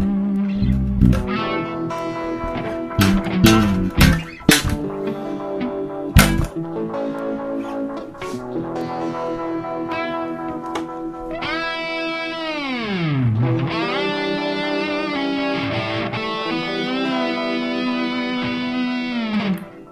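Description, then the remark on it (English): An electric guitar drenched in reverb and distortion plays choppy, percussive hits, then settles into a sustained, shimmering tone that swoops sharply down in pitch and back up before ringing on. “I like that reverb thingy.”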